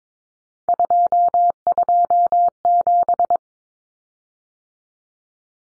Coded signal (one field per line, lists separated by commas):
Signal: Morse code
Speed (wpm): 22 wpm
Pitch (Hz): 700 Hz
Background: none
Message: 227